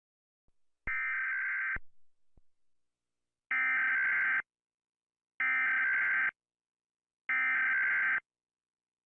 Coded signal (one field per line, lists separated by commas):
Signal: Emergency Alert System (SAME) tones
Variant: header bursts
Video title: Godzilla eas alarm part 1 )read description)